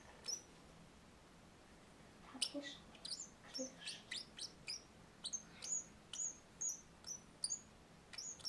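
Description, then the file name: Turquoise parrot song: quiet, high, tinkling chirps with brief up-and-down sweeps, delivered in a loose stuttering series after a short pause. Male singing; described as the quietest parrot in the world. "samyi tixii popugai na svete poet samec travyanogo lazurnogo popugaya"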